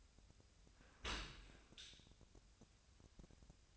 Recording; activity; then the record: daily activity, microphone in the room; open dishwasher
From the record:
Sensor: 2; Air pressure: 1006.6 hPa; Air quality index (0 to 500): 202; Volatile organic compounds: 14 ppm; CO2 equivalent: 2470 ppm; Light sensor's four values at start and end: 8/21/8/9 and 9/21/9/9